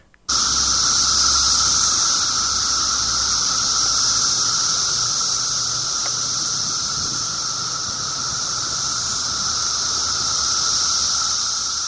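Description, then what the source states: Periodical cicadas in a massed chorus, a loud unbroken high-pitched whine that starts abruptly and holds steady, with a fainter lower hum beneath. Brood X 17-year cicadas; many singing together in a massed chorus to find mates.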